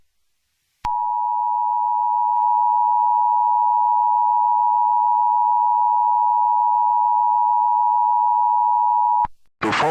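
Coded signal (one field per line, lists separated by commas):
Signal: Emergency Alert System (SAME) tones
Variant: 853 and 960 Hz attention tone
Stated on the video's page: EAS SAME tones in a fictional scenario.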